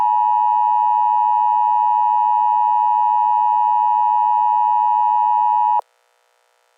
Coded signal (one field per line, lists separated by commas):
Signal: Emergency Alert System (SAME) tones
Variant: 853 and 960 Hz attention tone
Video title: Emergency Alert System Hurricane Warning